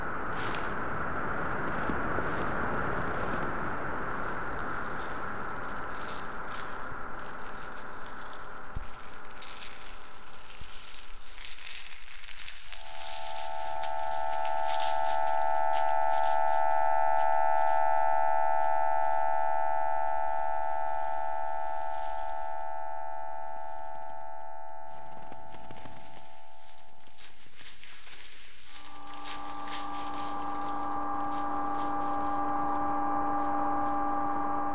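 A generative ambient piece opens with a dense, crackling hiss like rustled paper or crunching snow. Around twelve seconds it gives way to steady sustained tones forming a chord, which shifts to a new, lower-pitched chord near twenty-nine seconds and holds to the end.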